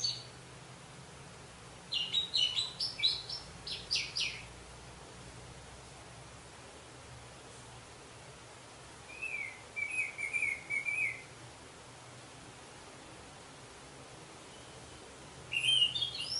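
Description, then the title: Orange-headed thrush song in three short bursts of scratchy, warbling notes with long silent gaps, the middle phrase a thinner run of quick whistles. "Anis Merah"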